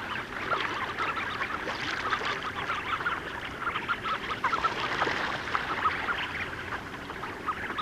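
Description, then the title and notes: Tufted ducks chattering as a flock, a dense stream of short overlapping calls and soft notes that keeps going without pause. Flock in an open lead in sea ice, in April. "Tukkasotka. Juha Laaksonen"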